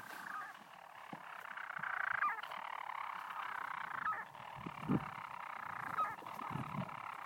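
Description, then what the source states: Storm petrel song: a long continuous purring churr, punctuated by sharp hiccup-like notes about every two seconds. Singing at night from nests in the stone walls of the broch on Mousa, Shetland, overcast; many birds flying around; possibly anticipating a mate's return.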